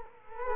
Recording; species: mosquito wingbeat signal from an infrared sensor; Culex quinquefasciatus